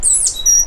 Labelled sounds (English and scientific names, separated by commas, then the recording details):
Stitchbird (Notiomystis cincta) song
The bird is a male
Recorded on Tiritiri Matangi Island, New Zealand, in 2005
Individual 12, of nest box 16